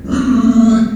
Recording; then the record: squeal of a Yucatan mini pig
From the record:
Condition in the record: after surgery on the right vocal fold (resection and tissue-engineered implant); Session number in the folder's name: 6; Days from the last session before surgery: 40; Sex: female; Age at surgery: 19 weeks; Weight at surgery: 25 kg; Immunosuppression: prednisolone